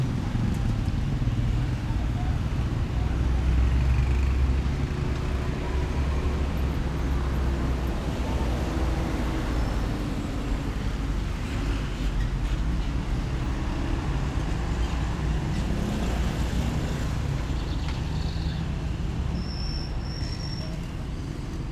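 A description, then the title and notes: A city gateway rumbles with steady, dense traffic and low engine drone, faint voices mixed in and a brief high whistle near the end. Soundscapes of gates of Tehran, Sound artist: Vedad Famourzadeh. So, I decided to field record the Soundscapes of the non-places, of locations of the non-existing gates.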